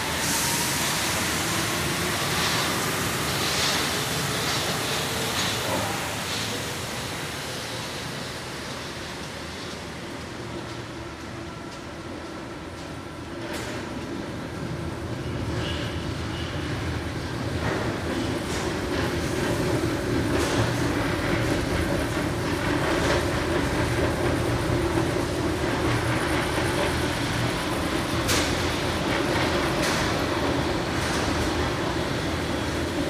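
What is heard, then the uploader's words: A metro train rolls through a tunnel with a dense, steady rumble and hiss that dips slightly around ten seconds, then builds back louder. Sharp clicks and squeals from the wheels and track cut through now and then, especially near fourteen and twenty-eight seconds. The whole metro trip from station République to station Rambuteau in Paris.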